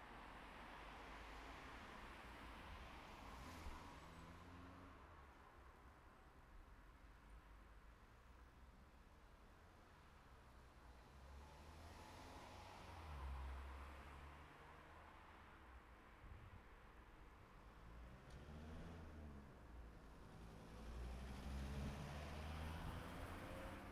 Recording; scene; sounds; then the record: everyday scene through a hearing-aid microphone; in traffic; traffic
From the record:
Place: city secondary road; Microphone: behind the ear, right, rear